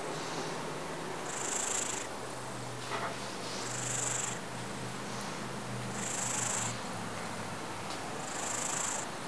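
Cat purring, a steady low rumble running throughout, with soft hissing bursts recurring about every two and a half seconds.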